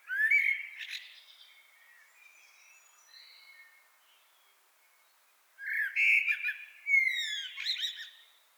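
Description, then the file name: Common blackbird with a bright fluted phrase and twitter, quiet warbling in the gap, then two louder phrases ending in high scratchy notes. "Turdus merula"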